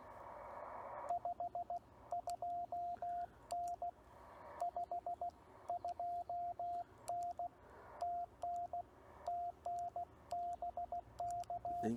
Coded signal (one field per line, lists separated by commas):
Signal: Morse code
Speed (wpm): 16 wpm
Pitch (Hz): 700 Hz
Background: speech, radio noise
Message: 52N 52N TN TN BK